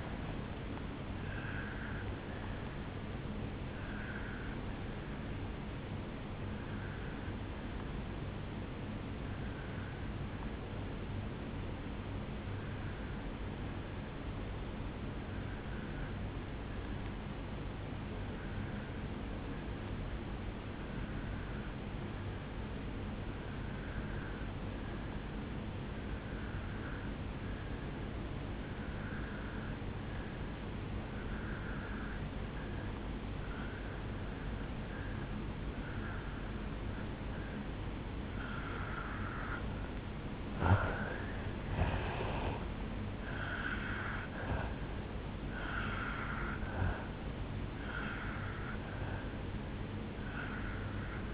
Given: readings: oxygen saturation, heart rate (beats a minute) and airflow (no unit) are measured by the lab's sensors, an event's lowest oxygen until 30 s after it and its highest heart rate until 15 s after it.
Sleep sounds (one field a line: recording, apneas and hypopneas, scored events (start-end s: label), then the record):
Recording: breathing in sleep by a voice recorder at the bedside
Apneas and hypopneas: 1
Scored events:
6.00-40.40 s: obstructive apnea (N1, oxygen 96% highest, then 85% lowest, heart rate 66 at the start, 74 highest)
13.00-51.34 s: new sleep stage, N2 (light sleep)
From the record:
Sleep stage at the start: N1 (lightest sleep)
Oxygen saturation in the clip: 86 to 96%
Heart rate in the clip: 54 to 77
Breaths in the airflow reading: 4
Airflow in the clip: -13.0 to 5.3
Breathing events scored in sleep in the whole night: 449 in 7.0 hours asleep